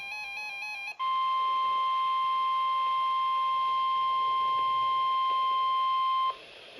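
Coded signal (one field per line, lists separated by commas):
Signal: Emergency Alert System (SAME) tones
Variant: 1050 Hz attention tone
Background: music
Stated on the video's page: Real Tornado Watch alert received from NOAA Weather Radio WXK24 Odell/Pontiac, IL, on 162.450 MHz.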